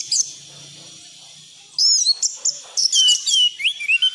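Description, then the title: Thrush song: a brief chirp, then near-silence, then a busy run of chirps and bright, sliding whistles in quick succession. Cage-bird song tutoring recording (masteran); bird described as gacor teler. "anis gacor teler"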